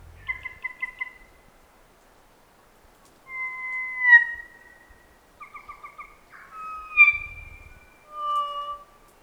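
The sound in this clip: Kokako: kōkako song: a rapid stutter of pulsed notes, a long ringing tone falling at the end, more stuttered notes, then mellow sliding whistles.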